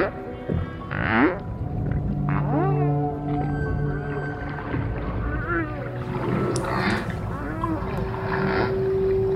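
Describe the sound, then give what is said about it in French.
A whale calf gives a string of tonal cries, rising and falling whistles and moans in quick succession, over a steady wash of surface water noise. “Ça, c'est un enchaînement de cris d'un bébé, hein, d'un baleineau.”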